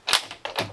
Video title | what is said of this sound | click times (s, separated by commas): He Turned a SCHOOL BUS into a LUXURY Tiny Home - The CORRECT Way! | and click into place | 0.5 s